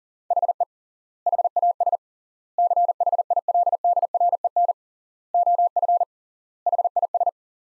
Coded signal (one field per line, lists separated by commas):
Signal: Morse code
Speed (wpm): 40 wpm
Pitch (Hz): 700 Hz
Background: none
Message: HE HAS CHILDREN OF HIS